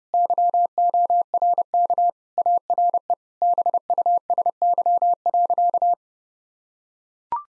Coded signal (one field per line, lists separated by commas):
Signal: Morse code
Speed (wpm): 30 wpm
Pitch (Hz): 700 Hz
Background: none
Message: YORK ARE BUSY.